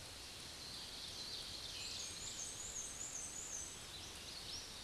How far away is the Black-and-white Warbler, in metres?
about 40 m